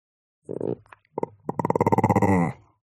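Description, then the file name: Chihuahua growling: several short grumbling bursts, then a longer rolling growl of rapid pulses that swells and fades out. Muffled Chihuahua growl. "smartsound ANIMAL DOG Chihuahua Growl Muffled"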